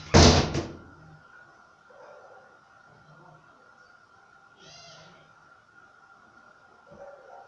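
A door swings shut with one loud, sharp bang at the start, followed by a low, steady hum and a few faint, brief sounds in the background.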